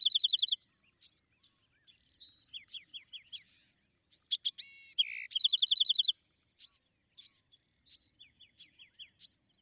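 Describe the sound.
Bewick's wren song: rapid trills and a harsh buzzy burst mixed with high, thin down-slurred chips between phrases.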